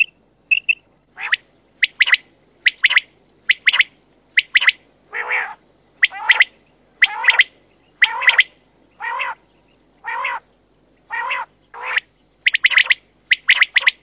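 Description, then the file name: Common quail: bright clipped notes in quick pairs, mixed with lower, fuller, rasping notes, repeated for the whole stretch. "QUAGLIA"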